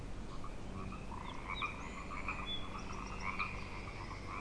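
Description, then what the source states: Frog chorus, many frogs croaking in overlapping pulses, with a few thin bird whistles. Frog chorus tuning up at Grafton Lake, 3 May 2009.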